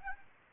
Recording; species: mosquito wingbeat signal from an infrared sensor; Aedes aegypti